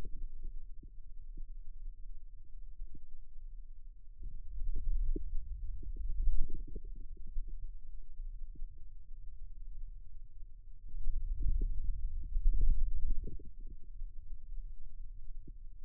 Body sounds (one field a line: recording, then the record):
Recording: forearm muscle sounds (acoustic myography)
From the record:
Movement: wrist extension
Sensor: system 2, bracelet of six BSWA MPA416 microphones around the upper forearm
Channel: 4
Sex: male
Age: 22 years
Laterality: right